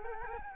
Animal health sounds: mosquito wingbeat signal from an infrared sensor; Culex quinquefasciatus

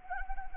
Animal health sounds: mosquito wingbeat signal from an infrared sensor; Anopheles gambiae

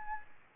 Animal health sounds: mosquito wingbeat signal from an infrared sensor; Anopheles arabiensis

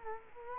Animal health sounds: mosquito wingbeat signal from an infrared sensor; Culex quinquefasciatus

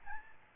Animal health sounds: mosquito wingbeat signal from an infrared sensor; Aedes albopictus

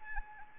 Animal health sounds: mosquito wingbeat signal from an infrared sensor; Anopheles arabiensis

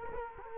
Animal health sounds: mosquito wingbeat signal from an infrared sensor; Culex quinquefasciatus

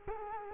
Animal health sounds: mosquito wingbeat signal from an infrared sensor; Culex quinquefasciatus

